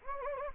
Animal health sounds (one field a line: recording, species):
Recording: mosquito wingbeat signal from an infrared sensor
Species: Anopheles gambiae